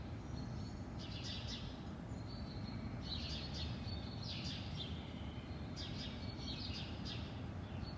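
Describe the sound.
Birds calling in repeated high chirping bursts and brief trills, with short thin whistles, all over a heavy steady low rumble.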